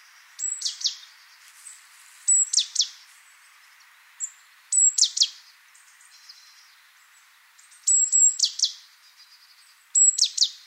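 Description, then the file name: Great tit calls: high thin notes, each followed by a harsh scratchy burst, given in short groups every few seconds. "Parus major"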